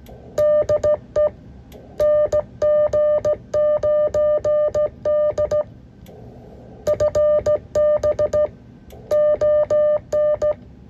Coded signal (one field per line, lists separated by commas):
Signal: Morse code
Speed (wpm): 16 wpm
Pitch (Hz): 600 Hz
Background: music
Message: DE NG9D FB ON